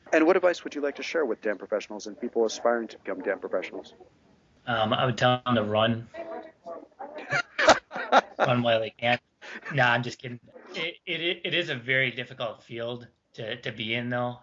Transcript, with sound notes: What advice would you like share with DAM professionals and people who are aspiring to become DAM professional?
I would tell them to run. [laughter] Run while they can. No. I’m just kidding. It is a very difficult field to be in though.